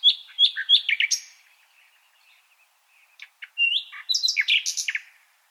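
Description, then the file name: Common nightingale song: loud, varied phrases of sharp whistles, slurred notes and quick chirps, a short pause with soft notes, then another rich burst of whistles and clicks. "Luscinia megarhynchos"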